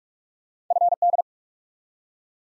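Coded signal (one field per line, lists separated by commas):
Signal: Morse code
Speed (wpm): 44 wpm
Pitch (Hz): 700 Hz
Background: none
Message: FD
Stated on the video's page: Morse head-copy drill at 45 wpm of random two-character letter and number combinations, each sent, spoken, then sent again.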